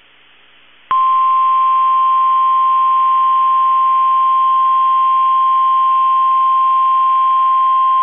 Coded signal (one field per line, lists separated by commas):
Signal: Emergency Alert System (SAME) tones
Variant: 1050 Hz attention tone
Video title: 11/10/21 - KEC65 Required Weekly Test (EAS #277)